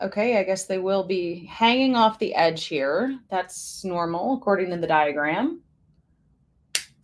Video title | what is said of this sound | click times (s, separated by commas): Let’s build a LEGO Shuttle!!! | so we just got to make sure oh did you hear that snap | 6.8 s